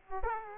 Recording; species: mosquito wingbeat signal from an infrared sensor; Aedes aegypti